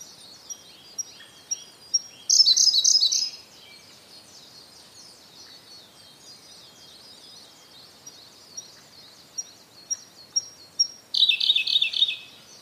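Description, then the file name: Siberian blue robin song given twice: each time a run of spaced, thin, high notes builds into a loud, fast, buzzy trill lasting about a second. "koruri"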